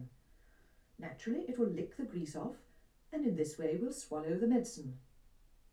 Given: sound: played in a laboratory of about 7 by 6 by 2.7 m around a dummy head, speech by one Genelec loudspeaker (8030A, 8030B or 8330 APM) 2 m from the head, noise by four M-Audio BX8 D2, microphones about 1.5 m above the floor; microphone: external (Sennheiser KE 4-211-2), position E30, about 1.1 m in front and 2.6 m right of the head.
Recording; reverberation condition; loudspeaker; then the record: female speech in English; low; 30 degrees to the left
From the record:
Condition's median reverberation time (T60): about 310 ms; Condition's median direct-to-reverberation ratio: about 3.5 dB